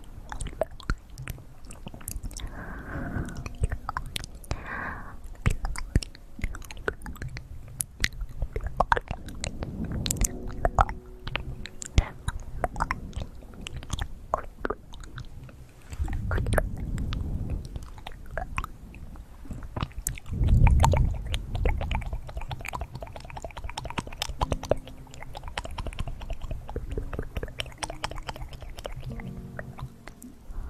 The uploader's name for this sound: Fastest Mouth Sounds